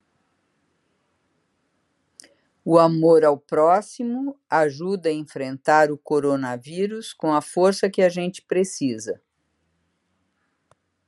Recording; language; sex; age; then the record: spoken sentence; Brazilian Portuguese; female; 70 to 79 years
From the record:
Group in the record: control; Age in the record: 71 years